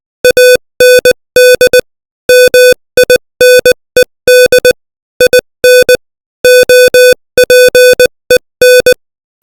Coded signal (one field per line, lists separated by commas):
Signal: Morse code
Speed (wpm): 20 wpm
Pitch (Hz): 500 Hz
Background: none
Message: AND MINED IN OPEN